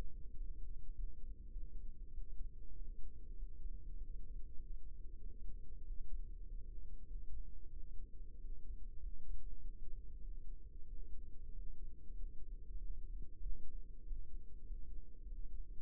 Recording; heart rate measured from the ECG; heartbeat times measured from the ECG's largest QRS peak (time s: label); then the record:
heart sounds by microphone in the right ear; 97 bpm
0.34 s: heartbeat
0.92 s: heartbeat
1.50 s: heartbeat
2.11 s: heartbeat
2.75 s: heartbeat
3.36 s: heartbeat
3.94 s: heartbeat
4.55 s: heartbeat
5.19 s: heartbeat
5.84 s: heartbeat
6.43 s: heartbeat
7.04 s: heartbeat
7.69 s: heartbeat
8.38 s: heartbeat
8.99 s: heartbeat
9.58 s: heartbeat
10.20 s: heartbeat
10.86 s: heartbeat
11.52 s: heartbeat
12.13 s: heartbeat
12.74 s: heartbeat
13.39 s: heartbeat
14.04 s: heartbeat
14.64 s: heartbeat
15.24 s: heartbeat
From the record:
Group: healthy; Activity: rest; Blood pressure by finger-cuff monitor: 116/55 mmHg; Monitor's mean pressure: 73 mmHg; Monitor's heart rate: 98 bpm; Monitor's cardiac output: 8.3 L/min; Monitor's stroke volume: 84 mL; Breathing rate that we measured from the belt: 23 breaths a minute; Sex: male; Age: 22 years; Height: 181 cm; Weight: 60 kg